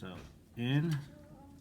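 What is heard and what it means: A SATA data cable's latching connector is being handled and lined up to push into the port on the back of a 3.5-inch hard drive while someone talks. There are faint handling sounds under the voice, and the connector has not seated or clicked yet.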